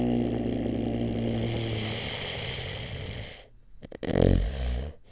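Rough, rumbling snoring breaks into a brief silent pause, then a loud snorting gasp, typical of sleep apnea.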